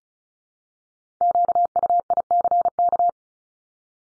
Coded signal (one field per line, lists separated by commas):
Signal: Morse code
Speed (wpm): 36 wpm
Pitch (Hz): 700 Hz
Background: none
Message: QUICK